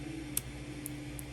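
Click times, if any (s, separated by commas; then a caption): 0.4 s. An extender card is slid into a card slot on the mainboard of a Sovol SV04 3D printer during a firmware install, and it clicks into place at 0.4 s with a sharp tick. Two fainter ticks follow at about 0.9 s and 1.2 s over a steady low hum. The card is seated.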